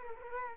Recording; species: mosquito wingbeat signal from an infrared sensor; Culex quinquefasciatus